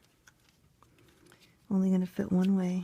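A plastic wiring harness connector is handled and lined up with the new back-up light switch on a Toyota Matrix/Corolla manual transmission, replaced because of missing and flickering reverse lights. Faint, sharp handling ticks occur in the first 1.4 seconds, then someone talks. The connector has not been pushed home, and nothing has snapped or clicked yet.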